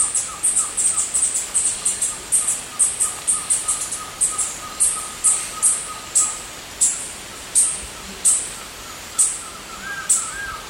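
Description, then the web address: Green-and-gold tanager calling in a fast series of high, sharp chips that slows toward the end, with a faint lower note beneath and a brief warble near the close. Eastern Lowlands of South America. "Natures Songs S America Eastern Lowlands Green-and-gold Tanager"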